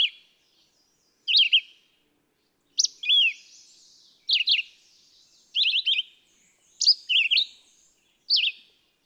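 Red-eyed vireo song made of short chirpy whistled phrases, some doubled, separated by brief silent gaps.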